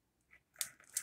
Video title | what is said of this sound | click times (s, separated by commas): DOUBLE SIDED CHUNKY MASK PENDANT NECKLACE - JEWELRY MAKING IDEA | it's it's like a little snap and i can hear the snap | 0.6 s